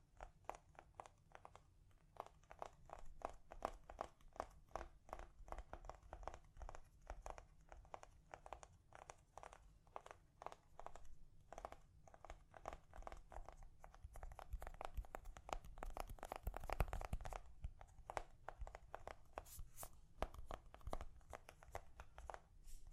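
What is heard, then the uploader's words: Gentle ASMR tapping runs through the whole clip as a quick, uneven patter of light clicks and ticks, with a crisp, crinkly texture. The taps stay soft and steady, growing slightly denser and louder from about 15 to 17 seconds, while a low, faint rumble sits underneath. ASMR Gently Tapping. (No Talking).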